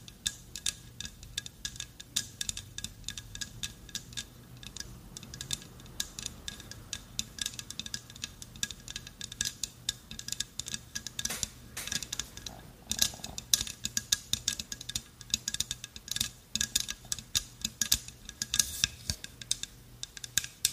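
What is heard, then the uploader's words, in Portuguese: Rapid, irregular tapping runs through the whole clip, a dense stream of sharp, bright clicks with uneven spacing and loudness. A few louder clusters stand out around 11–13 and 18–19 seconds, over a faint low hum in the background. ASMR com MUITO TAPPING! (No Talking). Sons de tapping.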